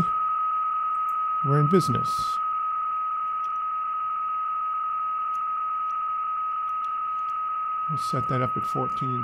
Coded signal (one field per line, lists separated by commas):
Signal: PSK31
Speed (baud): 31.25 baud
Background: speech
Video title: Skywave Linux v4.4.0-GNOME | Shortwave Radio in Your PC | WebSDR and KiwiSDR Radio Streaming